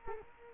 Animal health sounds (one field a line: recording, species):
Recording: mosquito wingbeat signal from an infrared sensor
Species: Culex quinquefasciatus